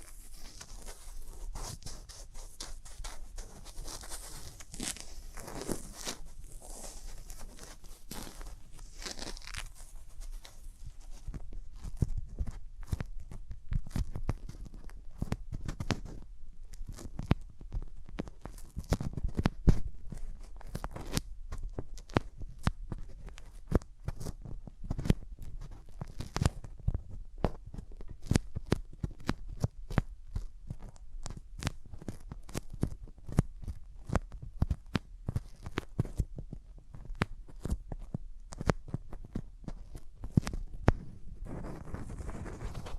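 Hands rub against the ears in dense, uneven strokes, a continuous crackling and tearing-like rustle full of quick, sharp ticks. The first ten seconds carry a brighter, hissier swish; afterward the rubbing turns lower and more muffled, with frequent soft thumps.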